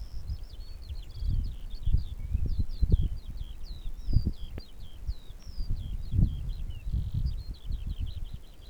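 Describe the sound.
Eurasian skylark pouring out an unbroken stream of high twittering, trilled notes throughout, set against a strong low rumble.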